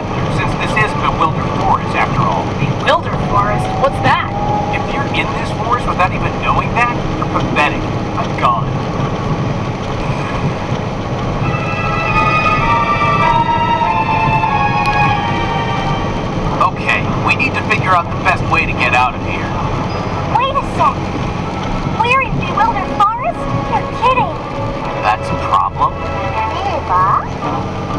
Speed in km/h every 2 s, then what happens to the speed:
109, 109, 109, 109, 109, 109, 109, 109, 107, 106, 104, 100, 94, 92.
0-15 steady at about 109. 15-28 slows to 92.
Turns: none.